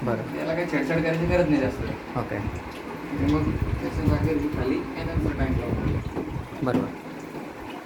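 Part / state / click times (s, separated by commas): calcium cylinder into its mount on a water ionizer machine / not seated / none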